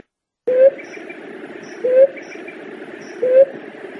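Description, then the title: Leptotila dove giving short low rising hooted notes, three of them about every one and a half seconds, over steady hiss with faint high ticking. "Juriti"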